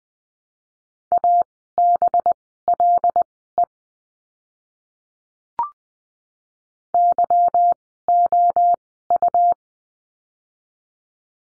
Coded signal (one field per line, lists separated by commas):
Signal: Morse code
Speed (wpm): 20 wpm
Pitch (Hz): 700 Hz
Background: none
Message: ABLE YOU